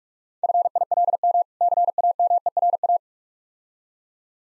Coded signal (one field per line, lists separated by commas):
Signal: Morse code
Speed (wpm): 45 wpm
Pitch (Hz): 700 Hz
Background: none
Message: FILM CAMERA